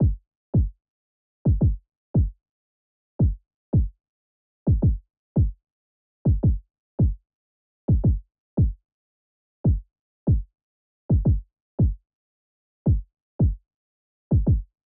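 A heartbeat at about 112 beats a minute: low, dull thumps against complete silence. They fall in an uneven pattern of close pairs and single beats rather than a steady, even pulse. There is no background noise.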